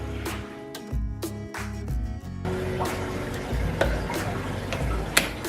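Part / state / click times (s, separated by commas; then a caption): hose valve onto canister filter / seated / 5.2 s. Under background music, a second plastic hose valve is pushed down onto a Fluval FX6 canister filter during its cleaning after two months on an overstocked tank. A sharp click at 5.2 s marks the valve seating securely into place.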